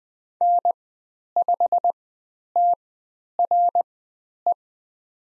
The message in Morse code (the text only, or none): N5TRE